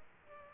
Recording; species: mosquito wingbeat signal from an infrared sensor; Aedes aegypti